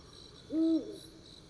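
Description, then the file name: Eurasian eagle-owl uttering one deep, even hoot lasting about a quarter second, with faint insect trilling in the background. Male and female hooting in a duet. "Eurasian Eagle Owl Hooting Duet Of Male Female"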